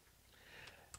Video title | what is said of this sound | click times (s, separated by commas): Ryobi P238 vs NEW Ryobi HP (Impact Drivers) | is quick insert so all i have to do is put it in then it's locked into place | 0.9 s